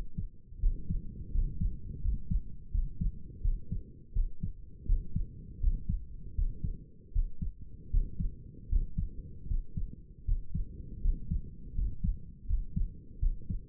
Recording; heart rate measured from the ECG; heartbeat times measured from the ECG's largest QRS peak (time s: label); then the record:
heart sounds by stethoscope; 81 bpm
0.59 s: heartbeat
1.31 s: heartbeat
2.01 s: heartbeat
2.71 s: heartbeat
3.41 s: heartbeat
4.13 s: heartbeat
4.86 s: heartbeat
5.60 s: heartbeat
6.34 s: heartbeat
7.12 s: heartbeat
7.90 s: heartbeat
8.68 s: heartbeat
9.46 s: heartbeat
10.24 s: heartbeat
11.01 s: heartbeat
11.74 s: heartbeat
12.46 s: heartbeat
13.19 s: heartbeat
From the record:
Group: healthy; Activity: rest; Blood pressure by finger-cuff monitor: 121/75 mmHg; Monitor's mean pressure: 84 mmHg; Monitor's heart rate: 82 bpm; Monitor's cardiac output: 6.7 L/min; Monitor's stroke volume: 81 mL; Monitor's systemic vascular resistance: 920 dyn s/cm5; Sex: male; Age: 35 years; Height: 180 cm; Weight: 86.9 kg